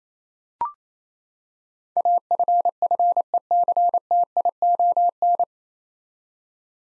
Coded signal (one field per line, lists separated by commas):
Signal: Morse code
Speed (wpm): 28 wpm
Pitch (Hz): 700 Hz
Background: none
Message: AFFECTION